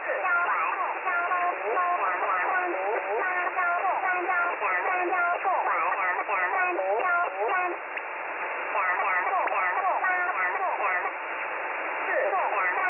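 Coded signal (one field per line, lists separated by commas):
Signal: numbers station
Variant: VC01, Chinese robotic voice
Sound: continuous synthetic-sounding voice speaking rapidly through a narrow sideband radio channel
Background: radio static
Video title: VC01 Chinese Robot at 4684 kHz in USB mode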